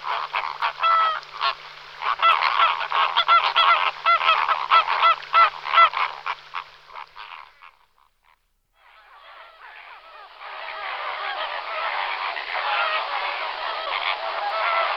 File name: flamant rose